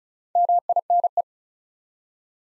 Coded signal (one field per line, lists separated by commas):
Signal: Morse code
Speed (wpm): 36 wpm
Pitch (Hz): 700 Hz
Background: none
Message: MINE